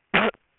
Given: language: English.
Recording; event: throat vibration sensor signal played as sound; cough